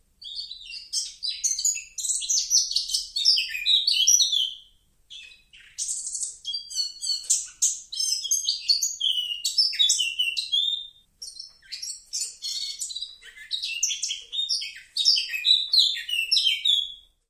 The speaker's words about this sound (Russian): Это поет самец черноголовой Славки